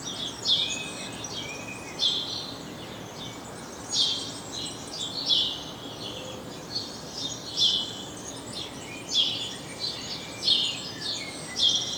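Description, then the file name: Chirping of a house sparrow, clipped notes repeated at irregular intervals, sometimes doubled, set against persistent environmental noise. "Passer domesticus"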